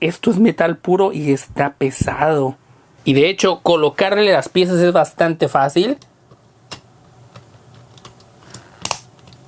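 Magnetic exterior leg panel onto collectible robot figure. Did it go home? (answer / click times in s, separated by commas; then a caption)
yes / 8.9 s. Someone talks, then a magnetic exterior leg panel is fitted onto a heavy die-cast metal Mazinger Z Soul of Chogokin 50th Anniversary collectible robot figure amid faint handling taps. The magnet snaps the panel into place with a sharp click at 8.9 s, holding the piece firmly.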